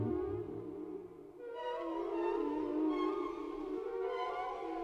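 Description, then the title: Whale song: low grumbling tones give way to a long, rich, howl-like moan with many harmonics. Whale sounds without music. "WHALE SOUNDS, WHITE NOISES"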